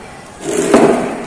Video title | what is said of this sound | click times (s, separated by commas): How is the shooting performance of my Spear Gun with line release in long range target | Konting tul lock lang yan yan pag lumagitik okay na yan lock na yan naka-lock | 0.7 s